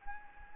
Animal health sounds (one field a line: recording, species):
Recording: mosquito wingbeat signal from an infrared sensor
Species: Anopheles gambiae